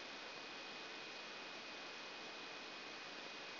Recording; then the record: brain microelectrode recording played as sound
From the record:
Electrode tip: outside the subthalamic nucleus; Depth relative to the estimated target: -4 mm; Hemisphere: left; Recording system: AlphaMap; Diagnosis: Parkinson's disease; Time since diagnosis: 11 years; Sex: male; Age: 56 years